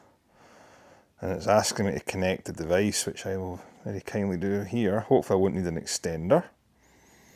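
Someone talks while handling a TOPDON TC002C Duo thermal imaging camera, bringing its USB-C plug to a smartphone port to connect it. Nothing has seated or clicked yet; the plug is handled but not home by the end of the clip.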